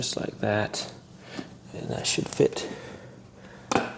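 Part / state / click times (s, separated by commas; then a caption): pump/cord piece into pet water fountain base / seated / 3.8 s. Someone talks while pushing a plastic pet water fountain component with a rubber cord portion down into its hole in the fountain base. A sharp click at 3.8 s marks the part popping into place, and it is seated.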